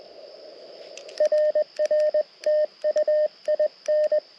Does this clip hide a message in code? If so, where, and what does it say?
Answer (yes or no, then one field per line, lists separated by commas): yes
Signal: Morse code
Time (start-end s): 1.2-4.2 s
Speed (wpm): 21 wpm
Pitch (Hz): 610 Hz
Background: radio noise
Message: RR TU IN